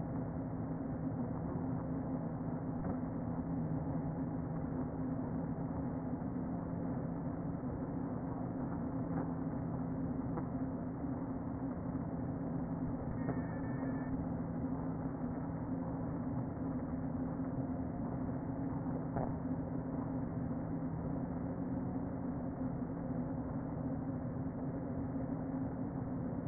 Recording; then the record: honeybee colony, microphone inside the hive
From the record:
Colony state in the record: queen present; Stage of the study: before two queens were removed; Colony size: about 60,000 bees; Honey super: yes